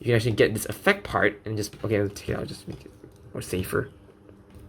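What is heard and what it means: Someone talks while handling the plastic beam effect part of an HGAC 1/144 Gundam Deathscythe model kit, about to plug it into the buster shield. Only a faint, brief tick of handling is heard near 4.3 s as the speech trails off. Nothing has seated or clicked yet; the part is not home in the shield.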